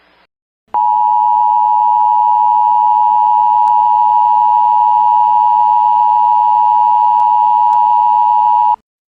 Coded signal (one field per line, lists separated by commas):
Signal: Emergency Alert System (SAME) tones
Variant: 853 and 960 Hz attention tone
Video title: (Wider US) Mini EAS Scenario: My mango is to blow up! AAAAH!-